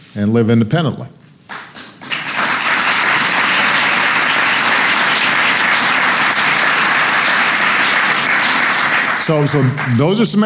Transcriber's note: applause